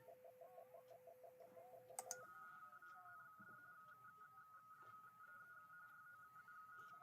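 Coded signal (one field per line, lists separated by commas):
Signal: RTTY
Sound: rapid two-tone warbling teletype chatter, a lower signal then a higher one after a click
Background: radio static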